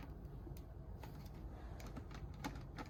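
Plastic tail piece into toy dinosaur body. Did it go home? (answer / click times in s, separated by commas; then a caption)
no / none. A plastic tail piece is pushed into the body of a Jurassic World: Camp Cretaceous Super Colossal Indominus Rex toy for a second try, with sharp handling knocks at about 1.0, 1.8, 2.0, 2.5 and 2.8 seconds over a steady low background. Nothing has seated or clicked yet; the tail does not lock and pops out when wiggled.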